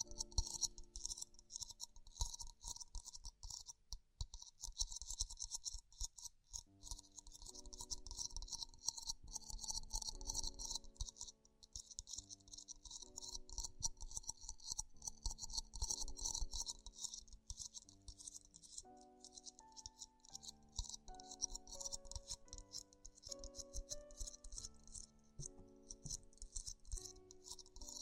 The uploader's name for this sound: Extremely Tingly Ear Exploration